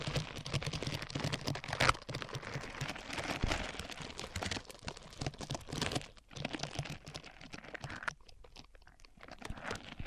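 Microphones are rubbed against different surfaces, making dense scratchy, crunchy friction with rapid irregular clicks and crackles, much like crumpling or typing. The rubbing runs nearly continuously, briefly dropping out around six seconds and again near eight seconds before resuming.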